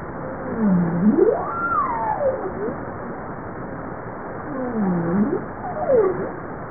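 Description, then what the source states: Bowhead whale calls: swooping calls that dip, rise and fall again, one sweeping high, in two bursts against a hissing ocean background. Recorded 26 April 1988 at 15:12.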